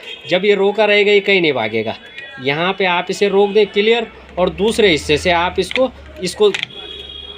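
A man talks while holding one part of a homemade tile/wood cutter machine still with the wide end of a screwdriver, preparing to push the cutter machine part inward into its mount, where it locks by itself. Only his voice is heard, with a faint low hum in the second half. Nothing has seated or clicked yet.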